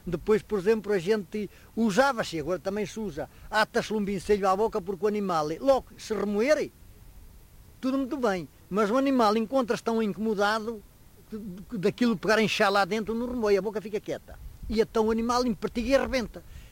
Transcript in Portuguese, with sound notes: Depois, por exemplo, a gente – usava-se e agora também se usa –, ata-se-lhe um vincelho à boca, porque o animal logo que, se remoer, [pausa] tudo muito bem; mas o animal encontra-se tão incomodado que que, daquilo pegar a inchar lá dentro, ele não remói – a boca fica quieta –, e então o animal empertiga e arrebenta.